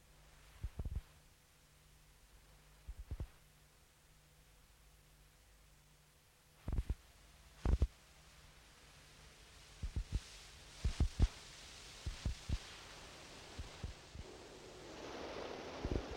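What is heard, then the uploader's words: Experimental electronic tape loop built from low, thudding noises: short muffled knocks arrive in pairs and clusters, sparse at first and busier after ten seconds. A faint steady low hum sits underneath, and a soft hiss swells toward the end. Untitled No.3 recorded in one session 1999 in Düsseldorf, Germany silent experimental electronic music stereo tape recorder loop, DIY synthesizer, sine generator and a selection of pre recorded low frequency tape noises.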